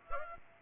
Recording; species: mosquito wingbeat signal from an infrared sensor; Aedes aegypti